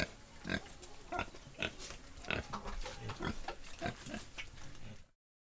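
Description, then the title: Pigs grunting over a busy, noisy background, ending abruptly. Indonesia. "NOISE ON EARTH Vol.5 ஐ INDONESIA. Pigs"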